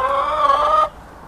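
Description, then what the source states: Chicken: hen giving one sustained, steady call lasting under a second, then quiet background. Hens, recorded 5 April 2014 on an MZ-N710 recorder.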